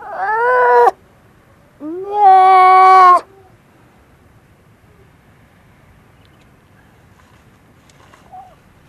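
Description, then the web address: Grey seal calls: two harsh, harmonic wails, the first short and falling, the second longer and rising then steady, followed by quiet with a faint note. "gray seal"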